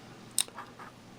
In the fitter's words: a little you'll hear it click into place